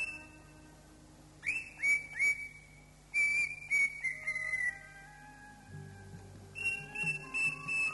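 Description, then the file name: Leafbird singing: clear whistled notes, some slurring downward, given in quick bursts with pauses, over faint steady low tones. "cucak ijo"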